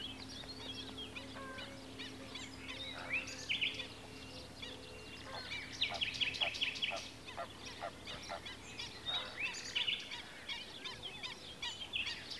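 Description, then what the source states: Mixed bird calls: sharp chirps and short rapid trills in bursts, several birds calling over a steady low hum and background noise. Comacchio lake.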